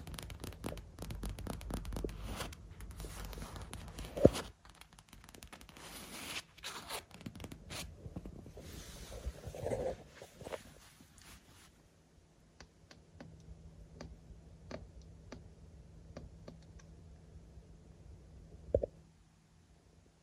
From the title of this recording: Lens Tapping & Scratching in Berlin